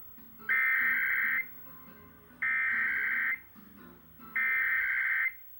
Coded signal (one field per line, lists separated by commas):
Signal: Emergency Alert System (SAME) tones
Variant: header bursts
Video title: EAS: New Jersey RMT (12/16/2025)